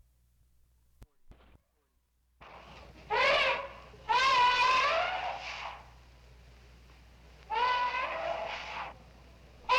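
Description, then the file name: Elephant trumpeting: after a few clicks, several loud brassy blasts with wavering pitch, separated by pauses, over a steady low hum. "G 12-40-Elephants Trumpeting"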